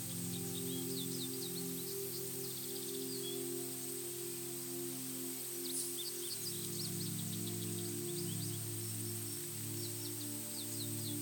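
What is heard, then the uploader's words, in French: Soft, sustained calm music holds low, layered tones throughout, with a shift in the lower chords around six seconds. Above it, faint bird chirps flicker in quick bright clusters, and a gentle forest hiss stays steady in the background. Son de la FORET allié à une MUSIQUE Calme. Le doux murmure des feuilles, le chant des oiseaux et le frémissement des arbres. Ce voyage sonore est sublimé par des mélodies douces et relaxantes.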